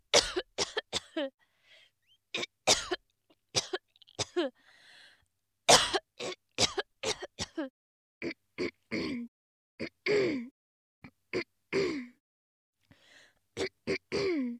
Female coughing.